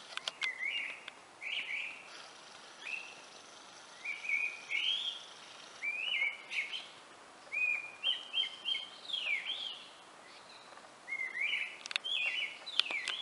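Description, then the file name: Grey-winged blackbird song: repeated fluty whistled phrases with slurred, rising and falling notes, delivered in bursts separated by short pauses, with a faint hiss behind. "Grey-winged blackbird Alok"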